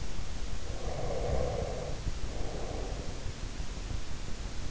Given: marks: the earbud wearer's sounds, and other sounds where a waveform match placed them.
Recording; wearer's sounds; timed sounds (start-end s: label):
sounds in sleep by an in-ear microphone; breath
0.53-3.68 s: breath